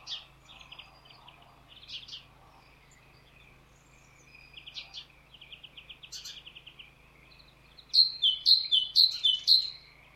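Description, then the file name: Great tit calls: after some quiet chattering notes, a clear run of several sharp two-note phrases, high then slightly lower, over a low steady hum. "Parus major"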